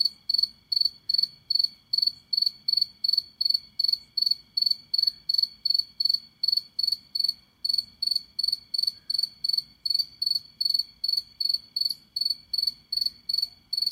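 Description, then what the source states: Cricket chirps in a fast, even series of high buzzy pulses, about three each second, over a quiet low background hum. Night cricket chirping.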